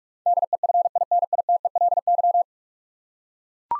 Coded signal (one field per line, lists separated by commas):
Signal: Morse code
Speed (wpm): 44 wpm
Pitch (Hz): 700 Hz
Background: none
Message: DEFINITELY